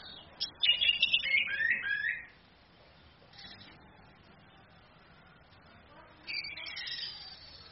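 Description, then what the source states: Orange-headed thrush song: a bright, scratchy whistled phrase sliding downward for about two seconds, a pause, then another high warbled burst near the end. Female; used to train other birds (masteran).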